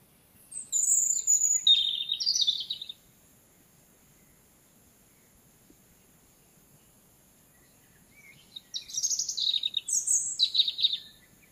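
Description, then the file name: European robin sings two short, high, tumbling phrases of falling slurs and twitters, separated by a long silence. "Erithacus rubecula"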